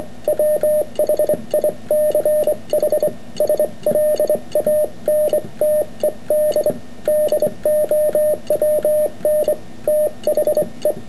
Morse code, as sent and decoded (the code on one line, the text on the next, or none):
.-- .... .. -.-. .... / ... .-.. .- -. - . -.. / -.. --- .-- -. / - .... .
WHICH SLANTED DOWN THE